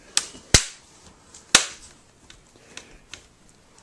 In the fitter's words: You'll hear an audible click.